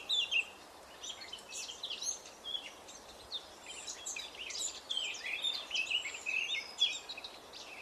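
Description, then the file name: Eurasian blackcap: sharp high notes at the start, then dense twittering phrases. "Sylvia atricapilla"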